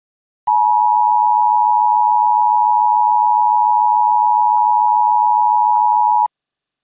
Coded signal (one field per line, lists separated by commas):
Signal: Emergency Alert System (SAME) tones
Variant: 853 and 960 Hz attention tone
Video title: EAS Scenario: Do Not Look Up